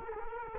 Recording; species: mosquito wingbeat signal from an infrared sensor; Culex quinquefasciatus